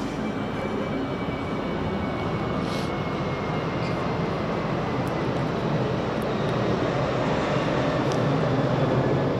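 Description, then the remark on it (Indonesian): A steady, loud roar of an airplane circling overhead near the small airport of Yogyakarta while queuing to land fills the whole stretch, a broad low rumble with a faint high whine running through it and no talking. “Ya kan, ya kayak pesawat ini bolak-balik lewat kan gimana lagi?”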